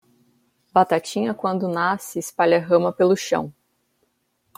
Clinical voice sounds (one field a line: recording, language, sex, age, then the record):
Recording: short text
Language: Brazilian Portuguese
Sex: female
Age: 30 to 39 years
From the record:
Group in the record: control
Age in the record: 39 years